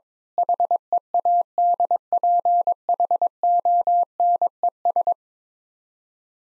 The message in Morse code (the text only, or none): HEADPHONES